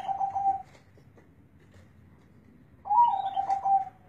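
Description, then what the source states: Zebra dove song: the tail of one rapid pulsed coo, a pause, then a fuller rolling coo phrase with faint higher overtones. Local Indonesian zebra dove (perkutut lokal) kept for bird-song contests, where its voice is the main judging criterion; used as training material (masteran) for contest birds.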